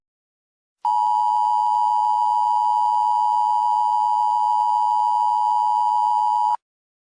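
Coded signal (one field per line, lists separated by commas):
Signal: Emergency Alert System (SAME) tones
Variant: 853 and 960 Hz attention tone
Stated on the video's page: Fictional EAS scenario, not a real alert.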